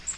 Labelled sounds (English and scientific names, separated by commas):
Magnolia Warbler (Setophaga magnolia) flight call